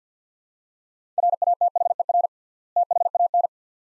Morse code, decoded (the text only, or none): RATHER THAN